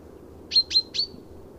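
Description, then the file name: Common chaffinch uttering three sharp, ringing call notes in rapid succession against a soft low-pitched background noise. "Fringilla coelebs"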